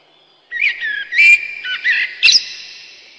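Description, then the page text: Common blackbird delivering a short, mellow whistled phrase closing with a sharp high squeak. Common blackbird song recorded in spring. "Черный дрозд - Пение весной"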